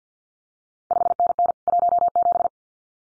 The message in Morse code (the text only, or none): 5NN 17